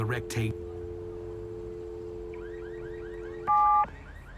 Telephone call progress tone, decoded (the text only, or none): dial tone